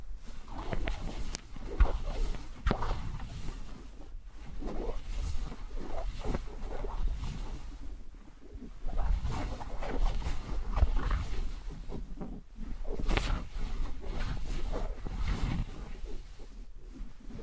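Wooden balls roll and rumble continuously in a low, dense clatter, with sharper knocks near 1, 3, 4, 8 and 13 seconds.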